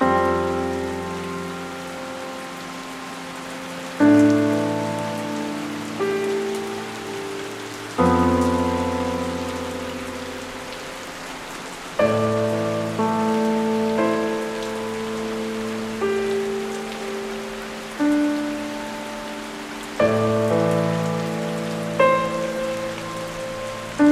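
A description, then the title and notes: Soft piano plays slow, ringing chords that change about every four seconds, with a few gentle higher notes added between them. A steady patter of rain fills the background throughout, light and even, sitting beneath the warm, sustained piano tones. Raining all around. Relaxing music and rain featuring soft piano music.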